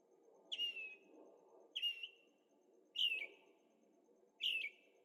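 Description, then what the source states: Bird chirps: four emphatic downslurred notes, a little over a second apart, over a low steady background rumble. At night in Carefree, Arizona; birds singing; recorded with Zoom H6 and stereo microphones.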